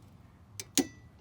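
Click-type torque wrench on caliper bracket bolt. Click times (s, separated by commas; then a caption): 0.8 s. A click-type torque wrench set to 70 tightens a brake caliper bracket bolt on a 2007+ Dodge Charger. A faint sharp tick comes at 0.6 s, then the loud, bright break-over click of the wrench at 0.8 s. The bolt is confirmed torqued to 70.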